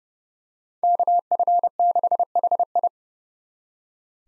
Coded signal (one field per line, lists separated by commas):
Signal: Morse code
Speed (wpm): 30 wpm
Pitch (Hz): 700 Hz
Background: none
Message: KF6HI